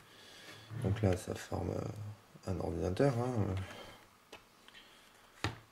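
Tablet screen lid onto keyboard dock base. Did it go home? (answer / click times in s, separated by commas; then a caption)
yes / 5.4 s. Someone talks over a docked Asus Eee Pad Transformer tablet whose screen is folded shut onto its keyboard dock base, like a netbook lid. The lid closes with a sharp snap at 5.4 s, and it locks shut.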